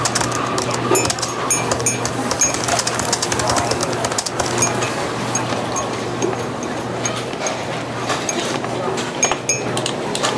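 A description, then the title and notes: Cafe sounds: a dense, steady murmur of chatter fills the whole clip, with frequent bright clinks and clatters of dishes scattered throughout. A low, constant hum runs underneath, and the overall level stays even from start to finish. Cafe sounds.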